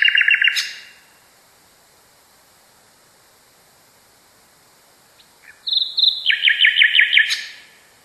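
Nightingale song: a short rattle, a long silent gap, then a high whistle leading into a fast rhythmic trill of repeated notes.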